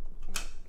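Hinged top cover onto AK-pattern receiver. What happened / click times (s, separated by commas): The hinged steel cover snapped into place / 0.4 s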